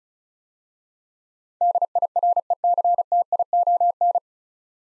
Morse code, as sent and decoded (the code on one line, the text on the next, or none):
-.. .. .-. . -.-. - .. --- -.
DIRECTION